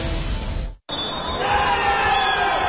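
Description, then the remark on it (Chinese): A crowd cheers at a mass-participation badminton match of the 15th Beijing Municipal Games, cheering each time the shuttlecock lands. It is a dense, steady roar of many voices that cuts out for a split second, then returns and swells louder with shouts rising above it. “每一个羽毛球落地，现场都会响起这样的欢呼声。”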